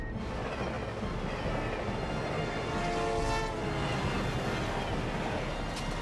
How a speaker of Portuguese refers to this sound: Deus, há um outro trem vindo na direção contrária.